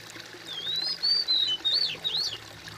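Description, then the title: Bird song: a run of clear whistled notes, rising and falling in smooth swoops, over a steady background hiss. "kOMPILASI suara bird"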